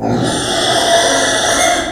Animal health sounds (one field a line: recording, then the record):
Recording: squeal of a Yucatan mini pig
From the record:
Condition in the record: before surgery on the right vocal fold (resection and tissue-engineered implant)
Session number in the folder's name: 3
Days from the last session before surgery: 0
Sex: female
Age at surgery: 19 weeks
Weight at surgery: 25 kg